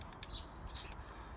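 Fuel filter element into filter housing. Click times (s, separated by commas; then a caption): 0.0 s, 0.2 s. A new diesel fuel filter element is pushed by hand into its plastic filter housing on a 2016 Ford Kuga 2.0 TDCi Duratorq diesel, the same engine as in the Edge and S-Max. Sharp clicks at 0.0 s and 0.2 s mark the element clicking and locking into place, followed by a brief high-pitched rustle around 0.8 s. The filter element is seated.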